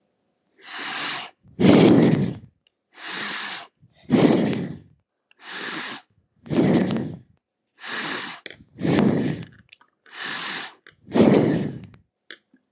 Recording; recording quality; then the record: deep breathing; excellent, no background noise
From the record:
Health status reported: healthy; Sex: male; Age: 38 years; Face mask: not worn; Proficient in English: yes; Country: India